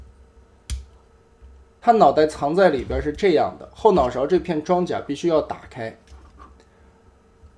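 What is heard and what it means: While a plastic Transformers Beast Wars robot figure is transformed into vehicle mode, its two side panels are pressed together and turned 90 degrees until the plastic clasp on the side panels snaps shut with a sharp click at 0.7 s. Someone then talks from about 1.9 s to 5.9 s. Two faint, quieter clicks follow near 6.4 s and 6.6 s.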